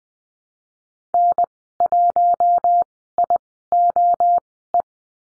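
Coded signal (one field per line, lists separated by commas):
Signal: Morse code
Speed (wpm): 20 wpm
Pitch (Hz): 700 Hz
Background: none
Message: N1IOE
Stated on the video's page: Morse code course lesson on call signs and the number 5, Farnsworth speed 20/10 wpm.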